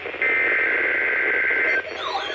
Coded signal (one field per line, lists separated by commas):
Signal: Emergency Alert System (SAME) tones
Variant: header bursts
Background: speech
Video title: MID OCTOBER SEVERITY - EAS Alerts from 10/14 - 10/17/22 (EAS #683-688)